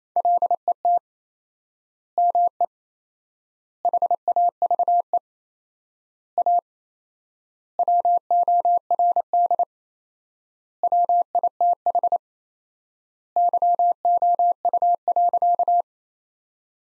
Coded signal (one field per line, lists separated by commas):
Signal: Morse code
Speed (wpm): 27 wpm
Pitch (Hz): 700 Hz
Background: none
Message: LET ME HAVE A WORD WITH YOU.